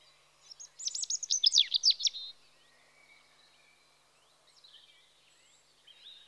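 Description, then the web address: European robin delivering a dense, rapid burst of high tinkling notes, followed by a long pause with faint, quiet soft notes. Spring. "BBC Sound Effects Library Birds Robin (Erithacus Rubecula) Spring"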